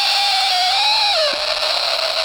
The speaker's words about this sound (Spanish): Esto es la explosión. Uf, qué desvirtuada. Esto ya está un poquito más procesado. Es seguramente el vidrio o la bombilla y ya procesada.